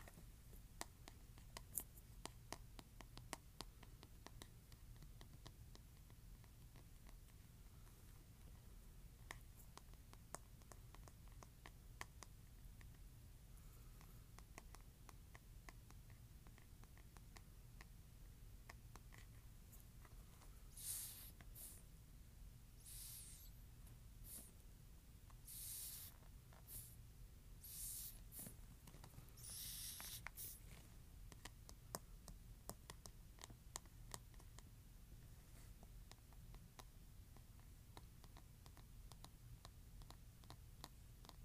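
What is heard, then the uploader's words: Brush bristles are rubbed and flicked in a steady stream of fine crackly scratching over a low, constant hum. Between about 21 and 31 seconds, a run of brighter, hissing sweeps breaks through, each lasting a second or so, before the quieter scratching resumes. ASMR Brush Bristles.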